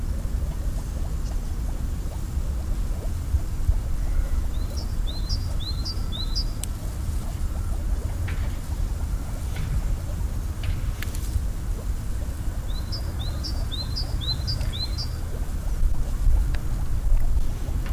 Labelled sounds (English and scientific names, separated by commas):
Moor Frog (Rana arvalis) call